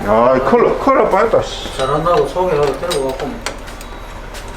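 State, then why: Not seated. A brake pad retaining clip is being handled at a brake caliper bracket. It had not been fitted correctly, and it is about to be pushed back into its proper seat. Someone talks throughout over faint metallic handling sounds, and nothing has seated or clicked yet.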